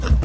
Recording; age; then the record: pig call; growing-finishing pig (85 days or more)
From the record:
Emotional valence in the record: positive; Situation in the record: run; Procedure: transit